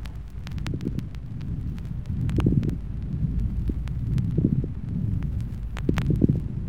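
Sharp, ringing crackles scattered over low breath sounds, heard over an adult's lungs with a stethoscope: moist consonating crackles, a sign of fluid in the airways.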